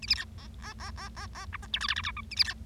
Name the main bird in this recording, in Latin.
Lonchura striata domestica